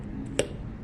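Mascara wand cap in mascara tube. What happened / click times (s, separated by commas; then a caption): A small cap pops free of its tube / 0.4 s. A mascara wand cap is pulled out of its mascara tube, giving a short, sharp pop at 0.4 s against a quiet background. The pop confirms the wand has released and that the mascara has not dried out, since no pop would mean it has.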